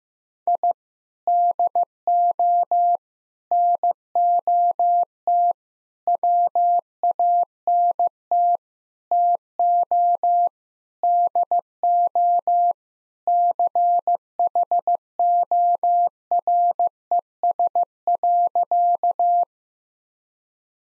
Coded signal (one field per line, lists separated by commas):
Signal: Morse code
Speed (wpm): 15 wpm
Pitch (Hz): 700 Hz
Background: none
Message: I DO NOT WANT TO DO CHORES.